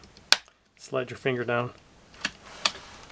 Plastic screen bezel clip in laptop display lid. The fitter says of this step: screen's already broken anyways so once you get your finger in there you can hear it popping right hear it